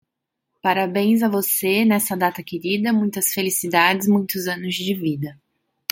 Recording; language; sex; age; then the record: short text; Brazilian Portuguese; female; 30 to 39 years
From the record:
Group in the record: control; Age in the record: 32 years